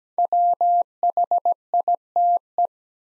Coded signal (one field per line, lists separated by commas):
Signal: Morse code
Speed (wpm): 17 wpm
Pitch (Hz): 700 Hz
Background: none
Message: WHITE